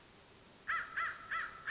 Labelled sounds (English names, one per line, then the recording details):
American Crow
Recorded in Sonoma County, California